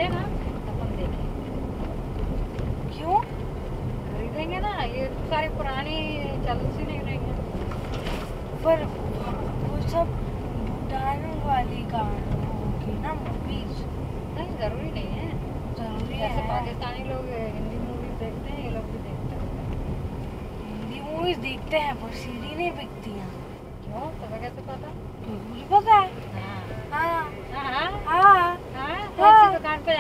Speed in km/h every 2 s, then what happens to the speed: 48, 46, 49, 53, 52, 51, 47, 43, 42, 37, 33, 29, 27, 31, 34.
2-8 speeds up to 52. 8-23 slows to 27. 23-30 steady at about 31.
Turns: none.